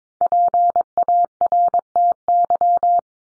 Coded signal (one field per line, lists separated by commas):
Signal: Morse code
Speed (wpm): 22 wpm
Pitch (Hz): 700 Hz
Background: none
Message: PARTY